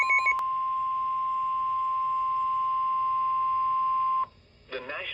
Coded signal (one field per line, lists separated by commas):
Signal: Emergency Alert System (SAME) tones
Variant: 1050 Hz attention tone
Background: speech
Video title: Severe Thunderstorm Warning (EAS 2360) 7/20/23